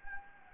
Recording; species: mosquito wingbeat signal from an infrared sensor; Anopheles gambiae